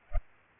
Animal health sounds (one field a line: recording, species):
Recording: mosquito wingbeat signal from an infrared sensor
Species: Culex pipiens